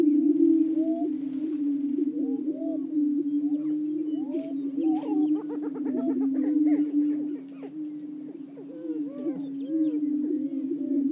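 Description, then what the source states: Greater prairie-chickens booming in a steady low hum, with overlapping whoops and a brief burst of sharp cackles midway. Several greater prairie-chickens calling.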